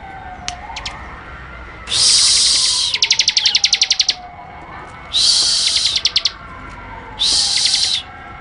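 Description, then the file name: Bar-winged prinia rapid song: loud buzzy bursts followed by fast runs of sharp repeated notes, three bouts. Ngebren style: rapid song of the ciblek. "audio burung ciblek ngebren"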